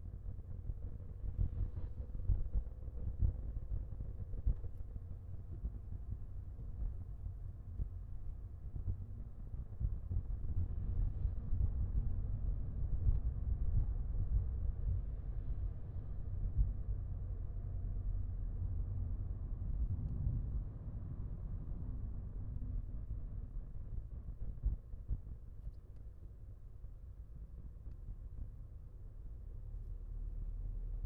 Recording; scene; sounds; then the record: everyday scene through a hearing-aid microphone; in a vehicle; engine, highway driving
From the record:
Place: Skoda Fabia, gasoline engine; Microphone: behind the ear, left, rear